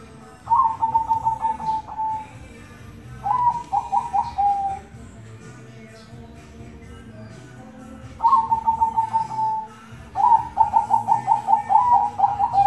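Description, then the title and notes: Zebra dove cooing in several bursts: trilled, slightly falling phrases of quick repeated notes separated by pauses, ending with a long rapid run of pulsed coos. Zebra dove song used as a tutor recording for mastering, teaching other birds the song. "Kupulan Burung Perkutut. burung perkutut yang bisa digunakan untuk memaster"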